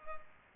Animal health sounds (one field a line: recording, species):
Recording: mosquito wingbeat signal from an infrared sensor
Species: Culex pipiens